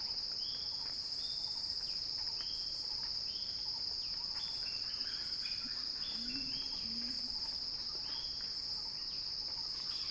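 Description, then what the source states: A steady, piercing cicada drone runs throughout, while birds add many short whistled notes and a couple of low calls. Recorded by Axel Drioli; described as a cicada crescendo.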